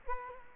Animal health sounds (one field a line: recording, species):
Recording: mosquito wingbeat signal from an infrared sensor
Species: Culex quinquefasciatus